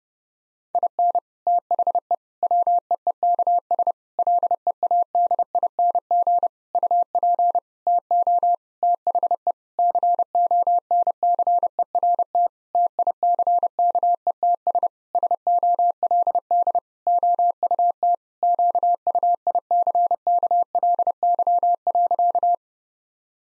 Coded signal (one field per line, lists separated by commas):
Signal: Morse code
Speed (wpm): 32 wpm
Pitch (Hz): 700 Hz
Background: none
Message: IN THE WEEKS LEADING UP TO THE CONCERT TICKETS SOLD OUT QUICKLY.